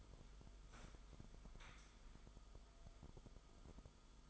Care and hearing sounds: daily activity, microphone in the room; sit down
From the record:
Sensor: 5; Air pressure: 1005.3 hPa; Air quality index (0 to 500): 106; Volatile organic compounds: 2 ppm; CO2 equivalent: 1297 ppm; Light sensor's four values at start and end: 34/79/31/30 and 34/79/31/30

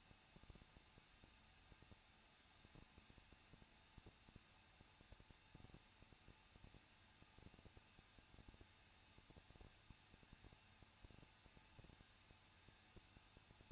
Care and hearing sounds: daily activity, microphone in the room; no activity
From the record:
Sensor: 2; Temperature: 21.0 degrees Celsius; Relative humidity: 37.6%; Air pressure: 1006.2 hPa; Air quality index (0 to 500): 223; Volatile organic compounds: 25 ppm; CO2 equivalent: 2839 ppm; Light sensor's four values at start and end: 2/3/2/2 and 2/3/2/2

